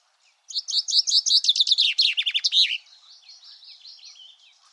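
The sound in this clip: Common chaffinch delivering one brisk, falling trill of sharp notes with a final flourish, followed by a faint, high, thin series of notes afterward.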